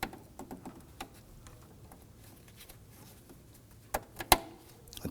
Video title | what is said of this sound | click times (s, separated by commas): How to Replace PCV Hose 2008-2011 Ford Focus 2.0L L4 | Push it on. Going to hear it engage and then lock. That's | 0.0 s, 1.0 s